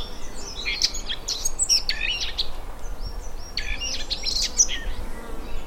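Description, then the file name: Eurasian blackcap: short bursts of sharp, varied notes over steady low background noise. "Sylvia atricapilla"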